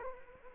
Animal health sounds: mosquito wingbeat signal from an infrared sensor; Culex quinquefasciatus

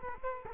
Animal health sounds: mosquito wingbeat signal from an infrared sensor; Culex quinquefasciatus

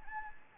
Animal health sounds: mosquito wingbeat signal from an infrared sensor; Anopheles gambiae

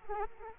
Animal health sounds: mosquito wingbeat signal from an infrared sensor; Aedes aegypti

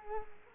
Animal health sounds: mosquito wingbeat signal from an infrared sensor; Culex quinquefasciatus

